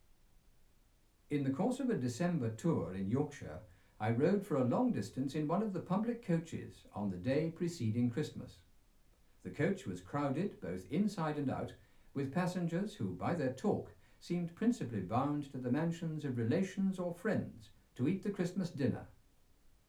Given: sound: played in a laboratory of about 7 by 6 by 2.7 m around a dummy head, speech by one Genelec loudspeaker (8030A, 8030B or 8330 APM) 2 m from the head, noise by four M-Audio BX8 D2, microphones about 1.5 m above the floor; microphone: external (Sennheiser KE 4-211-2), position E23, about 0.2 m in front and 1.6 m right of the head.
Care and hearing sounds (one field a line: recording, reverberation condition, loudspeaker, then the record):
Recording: male speech in English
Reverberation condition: low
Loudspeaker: behind (180 degrees)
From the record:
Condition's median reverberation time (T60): about 310 ms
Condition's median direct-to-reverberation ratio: about 3.5 dB